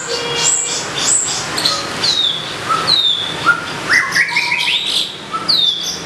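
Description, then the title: Bird song of varied clear whistles, some sliding down from high pitch, others rising, with short chirps in between, several notes overlapping. "SUARA BURUNG"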